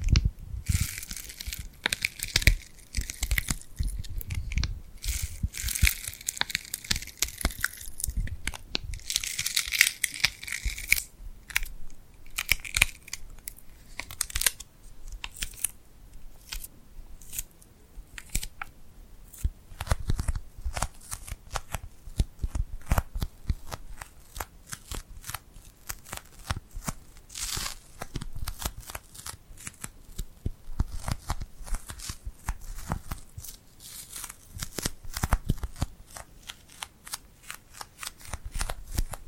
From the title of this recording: Tingly Glued Hand Sounds